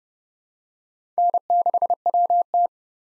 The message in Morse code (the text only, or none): N6WT